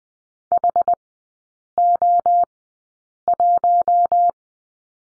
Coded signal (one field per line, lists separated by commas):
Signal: Morse code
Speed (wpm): 19 wpm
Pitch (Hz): 700 Hz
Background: none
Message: HO1